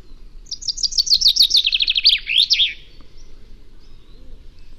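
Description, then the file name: Common chaffinch delivers a single rattling, descending trill of rapid notes closing with a sharp terminal flourish, followed by quiet. "Fringilla coelebs"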